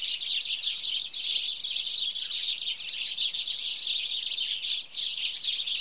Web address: BBC Sound Effects Library BBC 47-Birds 21 House Sparrow (Passer Domesticus)